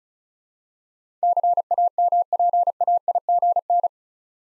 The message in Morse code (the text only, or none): CAMPAIGN